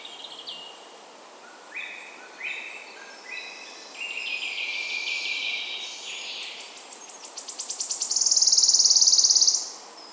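Wood warbler song near the end: a run of high ticking notes leads into a loud, shivering trill, after other softer phrases.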